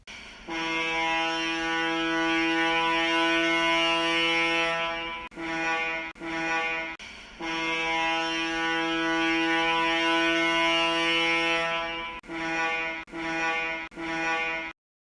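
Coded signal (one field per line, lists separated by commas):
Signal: ship horn signal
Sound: deep ship horn: one long, two short blasts, then one long, three short blasts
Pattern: 1 long, 3 short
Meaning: Vessel being towed (last vessel of a manned tow) in restricted visibility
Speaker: the last vessel of a tow if manned shall at intervals of not more than two minutes sound for short blasts in succession namely one prolonged followed by three short blasts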